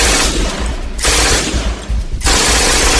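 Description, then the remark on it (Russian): Deafening bursts of rapid weapon fire from a mechanical demon's two-tube weapon, three long harsh volleys with brief lulls between them, a dense crackling roar with low rumbling underneath and no voices. “Конан изо всех сил метнулся в сторону, а механический демон развернул свое оружие на кемерийца и выплюнул длинные вереницы молний. Все потонуло в оглушительном грохоте.”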